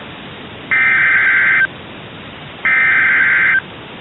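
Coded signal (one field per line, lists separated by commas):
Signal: Emergency Alert System (SAME) tones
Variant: header bursts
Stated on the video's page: Real EAS alerts received during the December 2021 derecho across Iowa.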